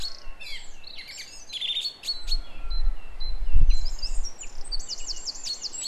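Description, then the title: Song thrush song, scattered high phrases ending in a run of repeated looping notes, over low rumbling background noise. Song at 06h. "Zanglijster 06h Durenne2"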